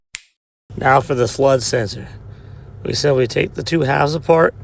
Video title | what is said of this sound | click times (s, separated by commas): How to Install a Home Security System - Full Step by Step Guide | and turn clockwise. You'll feel it lock into place. | 0.2 s